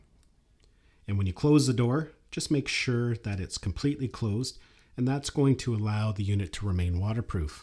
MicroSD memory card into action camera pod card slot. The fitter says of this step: You're just going to slide it in. And then just use your fingernail to press it down in until it clicks.